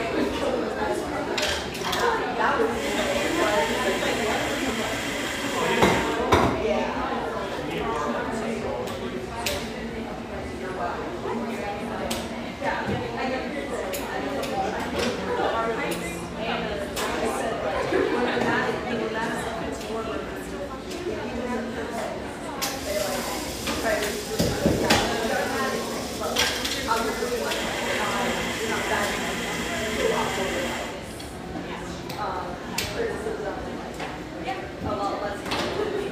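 A busy diner in Portland's Overlook fills with steady overlapping chatter, with frequent clinks and clatter of dishes and utensils throughout.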